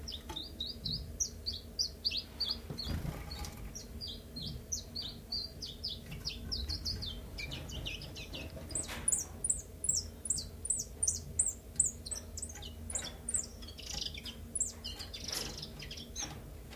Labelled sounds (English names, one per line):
Common Chiffchaff